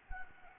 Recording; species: mosquito wingbeat signal from an infrared sensor; Anopheles gambiae